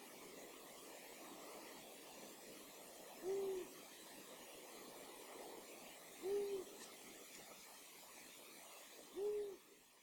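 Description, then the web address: Long-eared owl hoots: three low, soft, even hoots spaced about three seconds apart over a steady background hiss. Recorded 16 April 2020. "fagelljud 20200416 hornuggla"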